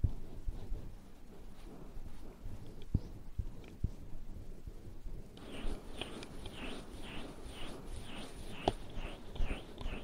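Ear cleaning and massage: a low, muffled rumbling and rubbing runs throughout, with a few sharp clicks near three, four and nine seconds. About halfway through, a rhythmic scratchy swishing starts, repeating roughly twice a second over a faint steady high whine.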